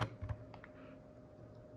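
A memory module, turned the right way round, is pressed down into a motherboard DIMM slot, giving two sharp clicks at 0.5 s and 0.6 s as the retention latch catches. Earlier soft knocks sit over a steady low hum. The RAM is seated.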